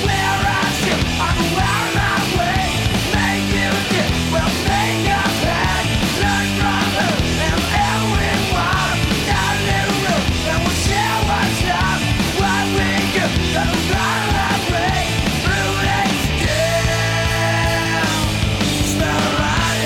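A loud grunge rock song plays steadily throughout, with dense distorted guitars, driving drums and a raw, shouted male vocal straining over the full-band wall of sound.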